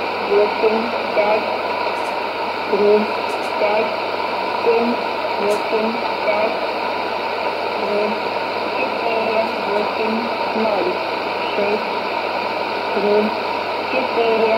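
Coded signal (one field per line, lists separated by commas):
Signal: numbers station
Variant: S06s, Russian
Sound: faint voice reading short, evenly spaced words under heavy hiss and static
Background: radio static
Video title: 24 09 2019 S06s Russian Lady numbers station in Russian to Eu 1104 on 6190 unknown tx site USB+AM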